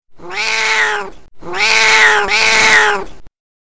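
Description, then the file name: Domestic cat meowing: two drawn-out meows, the second running straight into a third, each about a second long, then silence. "kot"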